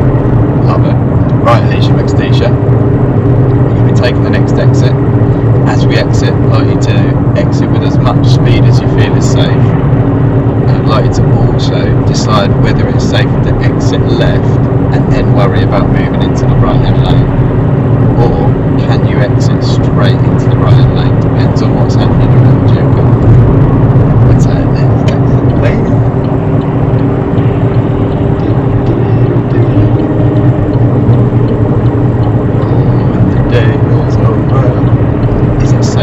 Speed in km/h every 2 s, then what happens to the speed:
81, 81, 81, 77, 77, 77, 76, 76, 76, 76, 76, 76, 77, 79, 82, 84, 84, 82.
0-22 steady at about 76. 22-31 speeds up to 84.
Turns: none.